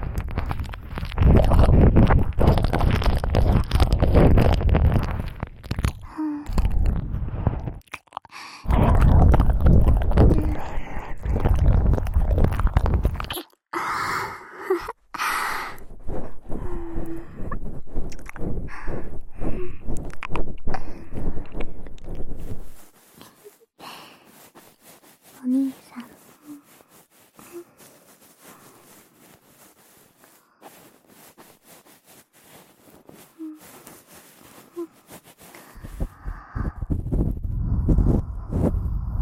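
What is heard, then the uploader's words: Ear eating sounds with wet, crackly mouth noises pressed against the ear. Loud, dense bursts fill the first fifteen seconds with brief gaps, then softer rustling, and after about twenty-three seconds a quiet stretch of sparse small clicks and pops before the heavy sounds return near the end. ASMR Cute & Fast Ear Eating.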